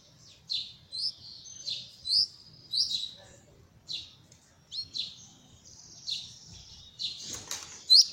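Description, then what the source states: Belgian canary song in short, bright chirped notes separated by brief pauses. Copper-coloured Belgian canary singing.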